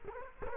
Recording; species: mosquito wingbeat signal from an infrared sensor; Culex quinquefasciatus